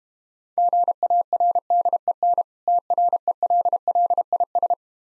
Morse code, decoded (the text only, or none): GARDEN TRELLIS